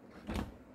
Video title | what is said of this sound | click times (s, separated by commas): 빅토리아 니키125 구동계, 에어클리너 점검방법, 바디커버 분해방법 Nicky 125 CVT (Belt,Sliders,Clutch) AirFilter [오토바이 기초팁 40탄] | 상태에서 시계 반대 방향으로 돌려요. 딸깍 소리가 날거에요. | 0.4 s